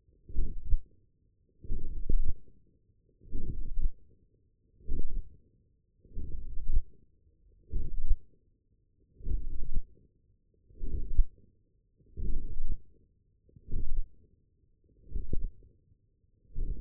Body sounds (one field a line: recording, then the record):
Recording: forearm muscle sounds (acoustic myography)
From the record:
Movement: forearm supination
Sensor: system 1, eight BSWA MPA416 microphones around the upper forearm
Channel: 5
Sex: male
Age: 23 years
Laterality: right